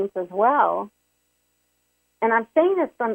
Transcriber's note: none